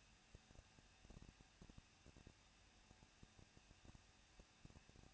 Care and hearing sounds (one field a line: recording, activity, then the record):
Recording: daily activity, microphone in the room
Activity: no activity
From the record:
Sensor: 2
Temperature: 21.0 degrees Celsius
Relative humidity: 37.3%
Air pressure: 1006.4 hPa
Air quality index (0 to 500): 220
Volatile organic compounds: 23 ppm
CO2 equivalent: 2778 ppm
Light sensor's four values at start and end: 2/3/2/2 and 2/3/2/2